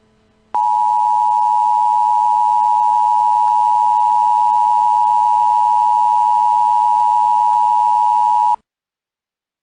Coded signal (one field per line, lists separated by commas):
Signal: Emergency Alert System (SAME) tones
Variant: 853 and 960 Hz attention tone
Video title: EAS scenario: scratchers in real life (part 2)